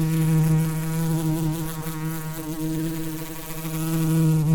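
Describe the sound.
Bee droning with an even, unbroken buzz, low and harmonic-rich, holding a nearly constant pitch with small wobbles.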